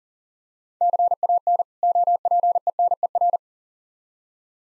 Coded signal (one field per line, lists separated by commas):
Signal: Morse code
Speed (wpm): 40 wpm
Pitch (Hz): 700 Hz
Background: none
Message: CAN OPENER